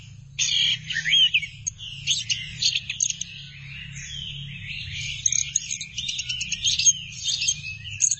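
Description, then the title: Thrush pouring out a long, varied high song of scratchy chirps, trills and slurred notes, nearly continuous, with low background hum. "burung anis x"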